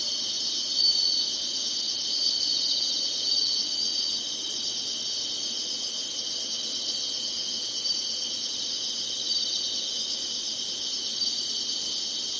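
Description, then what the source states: Insects in a steady, finely pulsing high chorus, with a couple of faint short whistles early on, otherwise unchanging. Singing, in summer.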